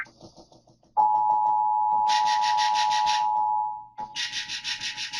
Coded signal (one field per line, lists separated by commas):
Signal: Emergency Alert System (SAME) tones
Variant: 853 and 960 Hz attention tone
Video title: CONVECTIVE CONVECTION.... EAS Alerts from 5/12/26 (New EAS 1,013-1,022)